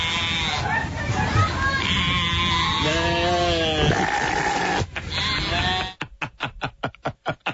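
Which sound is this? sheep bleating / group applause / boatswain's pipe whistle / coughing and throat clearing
sheep bleating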